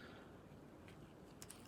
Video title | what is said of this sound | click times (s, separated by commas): 1980 Suzuki RS250t | it clicks back into place | 1.4 s, 1.5 s